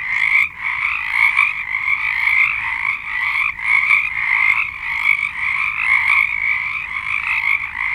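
Frog chorus: continuous rattling trills from many callers, swelling in waves, with a brief dip near the start.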